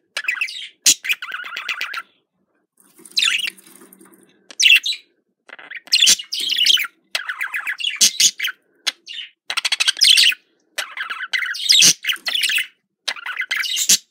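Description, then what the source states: Budgerigar chattering with rapid warbled chirps and scratchy notes in bursts, short pauses between phrases, and a low buzzing murmur near three seconds. Described as a love sound.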